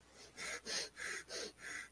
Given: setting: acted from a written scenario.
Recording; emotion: vocal sound without words; anger